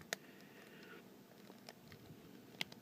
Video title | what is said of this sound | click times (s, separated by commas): Danball Senki Little Battlers LBX Z-mode SIGMA ORBIS | There you go. You want to hear that just click into place. | 2.6 s